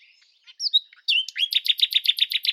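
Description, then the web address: Bird singing: a few high chirps and a slurred whistle, then a fast, even trill of bright repeated notes that runs to the end. "Deverinetal 2025 File origin Bird Only"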